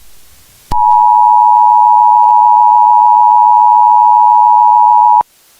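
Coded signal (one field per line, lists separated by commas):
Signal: Emergency Alert System (SAME) tones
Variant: 853 and 960 Hz attention tone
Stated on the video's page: Fictional zombie EAS scenario, not a real alert.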